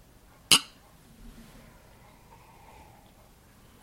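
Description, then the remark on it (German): Beer glasses clink together once in a toast, a single bright, ringing chink that fades quickly, followed by quiet background with a faint low murmur. “So, Prost.”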